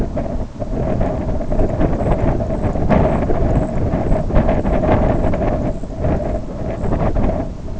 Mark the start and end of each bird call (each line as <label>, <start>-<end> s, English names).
White-rumped Sandpiper, 1.30-7.08 s